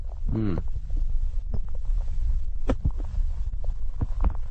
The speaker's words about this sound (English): Well, yeah, you start to get a few more kind of squeaks and pops. And... Okay. So this is winter foods being digested.